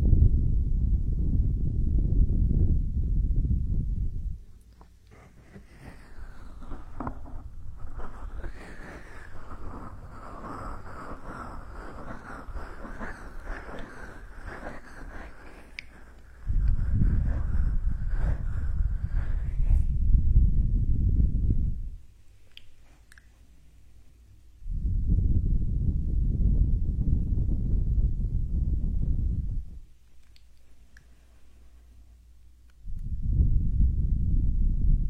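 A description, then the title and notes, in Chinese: Hand massage with low rubbing bursts, at 0–4, 16–21, 25–30 and 33–35 seconds, alternating with brighter, lighter sliding and crinkly textures between them. 手部按摩4（声控助眠）。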